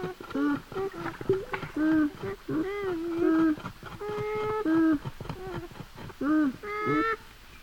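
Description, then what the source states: Beaver making whiny mumbles, nasal notes that curve up and down, delivered in bursts roughly every second and a half. Mumbling vocalizations.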